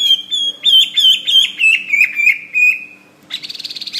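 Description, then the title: Bird song of repeated descending whistled notes, several each second, followed by a short pause and a quick buzzy trill. "SuaraBurung Kicau"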